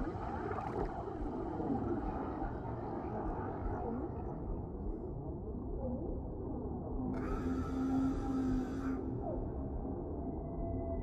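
Whale calls drift through a steady, dense underwater rumble that stays low and murky throughout. A long, slow tonal moan sits beneath the wash, and around the seventh to ninth second a brighter, buzzing burst rises above it before fading again.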